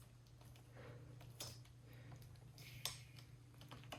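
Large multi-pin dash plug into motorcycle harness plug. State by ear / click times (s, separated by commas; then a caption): not seated / none. The large plastic multi-pin plug from a new dash is handled and lined up with the big black plug of a Honda Navi motorcycle's wiring harness, giving soft rustling and small plastic taps over a steady low hum. A few sharper ticks stand out near 1.4, 2.9 and 3.7–4.0 seconds. The plug has not clicked or seated yet.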